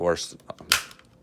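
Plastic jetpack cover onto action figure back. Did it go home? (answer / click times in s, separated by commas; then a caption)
yes / 0.7 s. Someone talks as a plastic jetpack cover is pressed hard back onto the back of a Buzz Lightyear action figure. It snaps home with one sharp, bright click at 0.7 s, and the cover is seated back in place.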